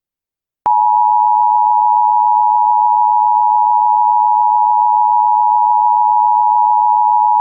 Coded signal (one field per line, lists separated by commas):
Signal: Emergency Alert System (SAME) tones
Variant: 853 and 960 Hz attention tone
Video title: McGuire | An EAS Scenario #eas #scenarios #emergencyalertsystem